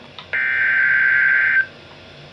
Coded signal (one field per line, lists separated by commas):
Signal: Emergency Alert System (SAME) tones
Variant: header bursts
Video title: Severe Thunderstorm Watch (EAS #625)